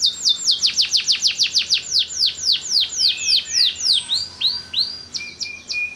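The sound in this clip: Bird delivering a rapid series of high descending whistles that slow slightly, followed by a few lower rising notes and a few short steady notes.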